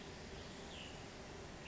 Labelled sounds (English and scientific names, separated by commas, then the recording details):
Western Tanager (Piranga ludoviciana)
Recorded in Sonoma County, California